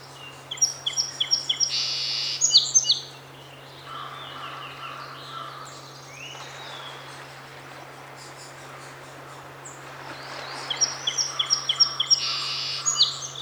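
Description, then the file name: Song sparrow delivering two songs about ten seconds apart, each of clipped repeated notes with a brief buzzy burst, with fainter notes and a quiet hum between. Seven songs recorded on 8 June 2018. "2018-06-08 SOSP-7 songs"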